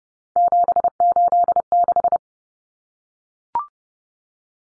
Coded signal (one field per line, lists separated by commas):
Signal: Morse code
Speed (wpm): 30 wpm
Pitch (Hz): 700 Hz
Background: none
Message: 786